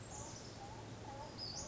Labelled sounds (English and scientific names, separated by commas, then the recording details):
Western Flycatcher (Empidonax difficilis)
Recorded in Sonoma County, California